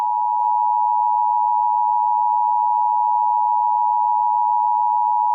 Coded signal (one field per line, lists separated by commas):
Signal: Emergency Alert System (SAME) tones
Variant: 853 and 960 Hz attention tone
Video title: chibi virus short eas scenario (true ending to evil tanjiro kamado)